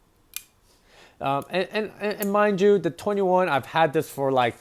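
A Chris Reeve Knives folding knife is opened, either the Large Sebenza 31 Box Elder or the older Sebenza 21, and its blade tang seats into the ceramic ball lock with a single, bassier lockup click at 0.4 s. Someone then talks from about 1.2 s to the end.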